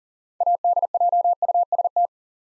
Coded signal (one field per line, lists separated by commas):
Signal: Morse code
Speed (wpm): 40 wpm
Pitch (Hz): 700 Hz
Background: none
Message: ADJUST